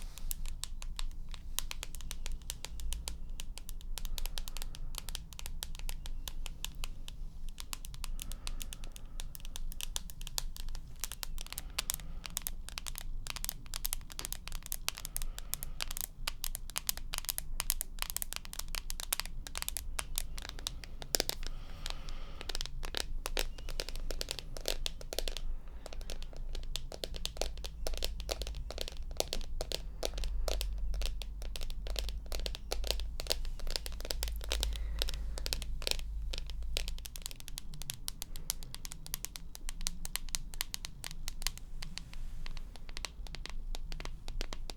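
Rapid, dense tapping runs through the whole clip, many sharp little clicks per second with a crisp, crinkly edge. The pace stays fairly even, with a slightly louder tap near twenty-one seconds and a low steady hum underneath.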